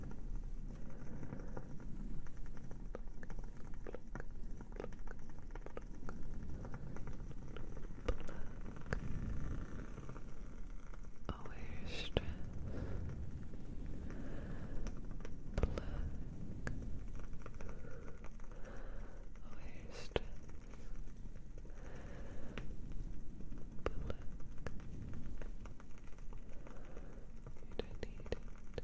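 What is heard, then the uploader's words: A fire crackles steadily, with sharp pops and snaps scattered throughout, a few brighter ones standing out near 12, 15 and 20 seconds. Underneath runs a dense, low rumbling hiss that stays fairly even in loudness for the whole stretch. ASMR plucking away the negative things - cozy fire sounds, crackling candle.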